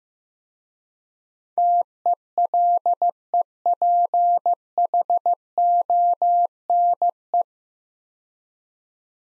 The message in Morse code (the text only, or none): TELEPHONE